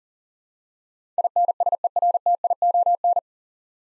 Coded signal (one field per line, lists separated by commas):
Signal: Morse code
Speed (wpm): 40 wpm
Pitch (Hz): 700 Hz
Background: none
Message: INSERTION